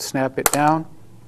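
A graphing calculator is being handled with its plastic cradle while someone talks, with a brief sharp tap-like sound near 0.5 s amid the speech. Nothing has seated or clicked yet; the calculator has not been snapped down into the cradle.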